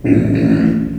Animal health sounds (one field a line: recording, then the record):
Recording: squeal of a Yucatan mini pig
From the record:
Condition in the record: after surgery on the right vocal fold (resection and tissue-engineered implant)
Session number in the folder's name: 3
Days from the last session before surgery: 21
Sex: female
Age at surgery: 19 weeks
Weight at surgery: 25 kg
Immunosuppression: prednisolone